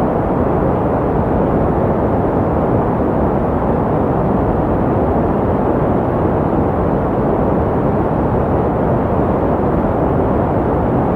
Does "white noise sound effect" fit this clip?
yes